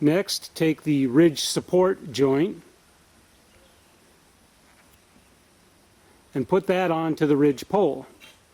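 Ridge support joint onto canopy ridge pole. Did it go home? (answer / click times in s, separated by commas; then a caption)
no / none. Someone talks while a plastic ridge support joint with a snap button is handled onto the metal ridge pole of a canopy, with a quiet stretch from about 2.7 to 6.3 seconds before the talking resumes. Nothing has seated or clicked yet; the joint is not yet home on the pole.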